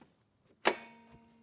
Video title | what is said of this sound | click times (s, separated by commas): Sewing Street Live-13/02/24-The Crumb Pieced Tote Bag & Helen Newton's Teacup Cushion | click you got to hear that click | 0.7 s